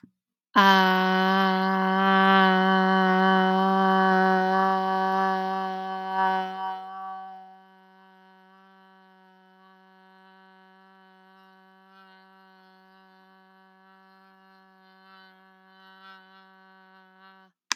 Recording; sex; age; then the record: vowel held as long as possible; female; 40 to 49 years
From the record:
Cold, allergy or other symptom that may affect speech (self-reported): no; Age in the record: 41 years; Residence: Wisconsin, United States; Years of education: 17